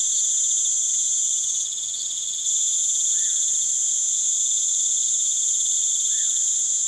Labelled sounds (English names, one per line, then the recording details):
none
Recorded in pastures near Puerto Asís, Putumayo, Colombia, on 29 June 2025 at 19:00
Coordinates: 0.486, -76.323
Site H29